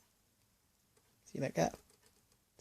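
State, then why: Not seated. A plastic clip-on part is pushed onto the body of a DBPower EX5000 action camera, but it does not engage and nothing has clicked. Someone talks briefly around 1.3–1.7 seconds, with only faint handling noise before and after. The clip stays unattached.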